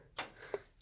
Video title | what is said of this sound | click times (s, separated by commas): Forgotten 1965 Mustang First Start in 44 Years, Fastback Revival Part 3! | one on the back as well here click in now I'm ready to run all my wires to | 0.2 s